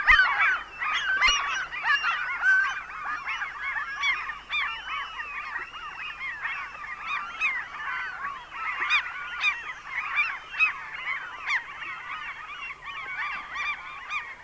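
Common Gull chorus, many gulls crying at once in a dense, continuous squealing clamour with loud peaks throughout.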